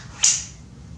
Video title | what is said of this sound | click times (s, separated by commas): rifle pcp p10 bullpup cal 5,5 y 6,35 review completo y agrupaciones | tiene que sonar, tiene que hacer ese clic. | 0.2 s